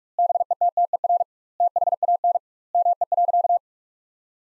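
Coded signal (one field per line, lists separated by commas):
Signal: Morse code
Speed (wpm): 46 wpm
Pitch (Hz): 700 Hz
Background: none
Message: BETTER THAN ME.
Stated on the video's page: Morse sentence practice at 45 wpm with double standard word spacing, a Farnsworth-like approach, using the top 400 words.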